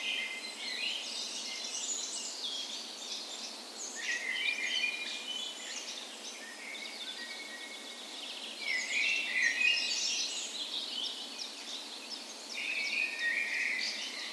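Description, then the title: Many birds in a dawn chorus, bursts of rapid twittering and warbled phrases alternating with thinner whistles, steady hiss throughout. Spring dawn chorus, morning of 17 May, Norway's National Day, in a park west in Bergen, Norway; recorded with Sony PCM A10 and LOM micro Usi microphones as tree ears. "17th Of May Dawn Chorus"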